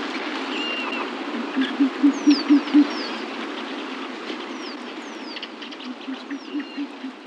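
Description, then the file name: Short-eared owl hooting: a short burst of low, even hoots, then a fainter repeat of the series later, with scattered high, thin bird calls in the background. "buho campestre"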